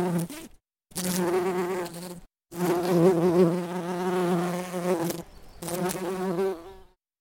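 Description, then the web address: Bumblebee buzzing: a steady, low droning hum in four bursts separated by brief silences. "lynne-publishing Bumble Bee Buzzing"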